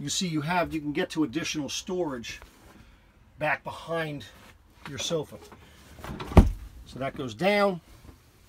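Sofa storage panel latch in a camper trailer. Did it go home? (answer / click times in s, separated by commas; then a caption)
no / none. In a NuCamp T@B 320 S camper trailer, the sofa base panel over the under-sofa storage is lowered and then pulled back up toward its latch while someone talks. A short, sharp tick is heard, but the clip ends before the panel goes home, so nothing has seated or clicked yet.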